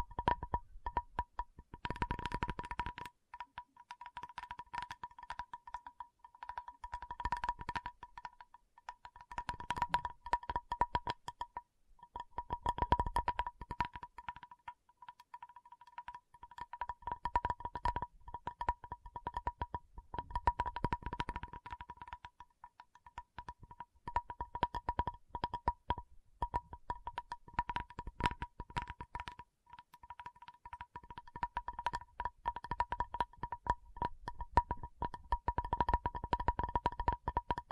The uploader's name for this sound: Tapping Session (No Talking)